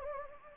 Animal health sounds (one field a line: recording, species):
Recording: mosquito wingbeat signal from an infrared sensor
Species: Anopheles gambiae